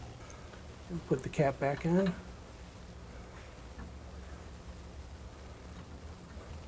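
A plastic quarter-turn cap is handled as it goes back over the check valve port on a GROHE Euphoria SmartControl exposed shower valve, while someone talks briefly near the start. Faint handling sounds follow over a low steady background. Nothing has seated or clicked yet.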